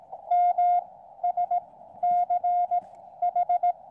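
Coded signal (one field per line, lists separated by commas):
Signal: Morse code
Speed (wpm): 17 wpm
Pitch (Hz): 710 Hz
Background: none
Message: MSCH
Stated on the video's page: Small portable Morse radio used for camp radio on the 80 meter band.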